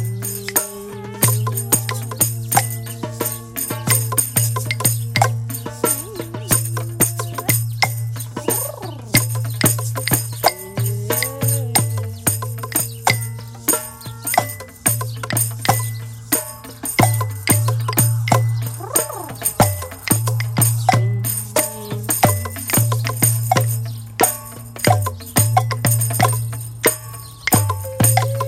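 A drum circle plays in a front yard, dense, rapid hand-drum hits over a steady low droning tone, with gliding siren-like pitches rising and falling.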